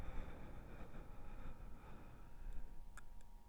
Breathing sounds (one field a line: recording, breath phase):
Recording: one breath near a microphone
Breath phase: exhalation